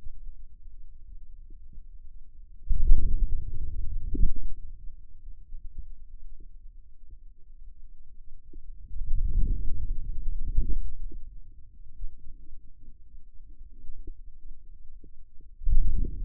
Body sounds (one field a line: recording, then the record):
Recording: forearm muscle sounds (acoustic myography)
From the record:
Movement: outward rotation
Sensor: system 2, bracelet of six BSWA MPA416 microphones around the upper forearm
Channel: 3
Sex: male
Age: 22 years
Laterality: right